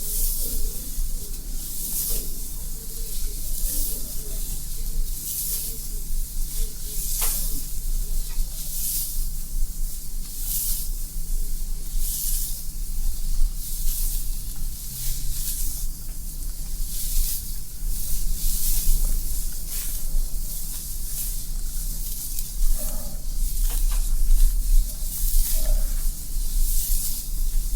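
Hair play and brushing make soft, bright swishing strokes that repeat every second or two across the whole half-minute, with no let-up. A low steady hum sits underneath, and a few faint clicks and small rustles come through between strokes.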